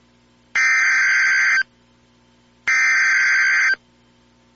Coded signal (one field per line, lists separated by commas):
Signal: Emergency Alert System (SAME) tones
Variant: header bursts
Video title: EAS Scenario - Baltan Incursion (VALID TONES)